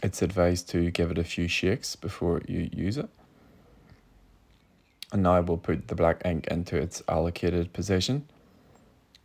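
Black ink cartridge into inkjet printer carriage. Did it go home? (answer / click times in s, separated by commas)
yes / 9.2 s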